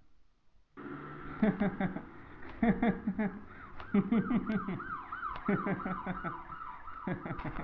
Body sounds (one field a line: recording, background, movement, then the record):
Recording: laughter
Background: traffic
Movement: sitting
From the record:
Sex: male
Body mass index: 22.0 kg/m2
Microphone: on the chest, facing the body